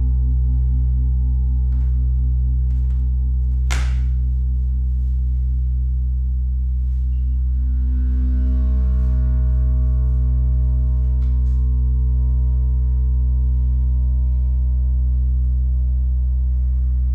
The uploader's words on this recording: Gong Bath. Gongs, bells, chimes and symbols. Steve Gong runs classes for groups in a church hall in Ainsdale Merseyside.